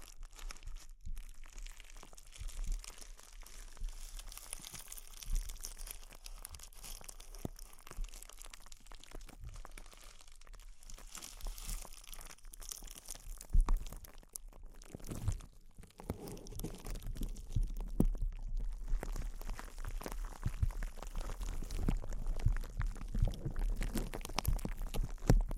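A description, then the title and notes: Intense close-up crinkles rustle and crunch without pause, dense and bright, with sharper cracks around 13 seconds and heavier, fuller crinkling after 16. ASMR Intense Close-Up Crinkles (No Talking).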